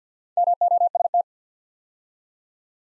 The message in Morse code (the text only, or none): MOST